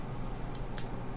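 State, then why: Seated. While reassembling a small Bernardelli .25 Auto pistol, a metal safety lever is pushed against its spring tension into the pistol frame. Over a steady low background hum, a short, sharp, bright click sounds at 0.8 s as the lever seats in place, with the spring giving it a little resistance.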